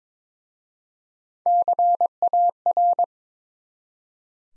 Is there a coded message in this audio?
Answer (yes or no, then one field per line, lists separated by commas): yes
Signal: Morse code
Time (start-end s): 1.5-3.0 s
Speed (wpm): 22 wpm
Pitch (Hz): 700 Hz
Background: none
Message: CAR